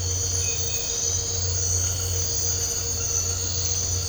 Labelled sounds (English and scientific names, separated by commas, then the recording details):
none
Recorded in dense forest near Puerto Asís, Putumayo, Colombia, on 8 March 2025 at 01:00
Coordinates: 0.468, -76.322
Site GP01